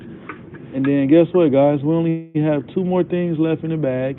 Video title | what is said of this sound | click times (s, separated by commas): Live stream | It leans back and it goes forward like this, and it locks in place. | 0.3 s